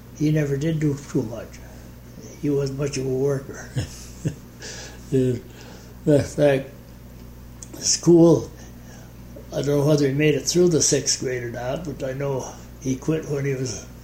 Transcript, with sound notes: he never did do too much. He wasn't much of a worker. [chuckles] At school, I don't remember whether he made it through the sixth grade or not, but I know he quit when he was